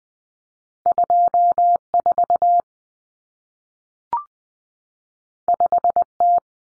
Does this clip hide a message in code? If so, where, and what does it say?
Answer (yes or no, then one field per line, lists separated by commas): yes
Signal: Morse code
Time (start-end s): 0.9-6.4 s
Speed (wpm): 20 wpm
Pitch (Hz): 700 Hz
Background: none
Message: 24 5T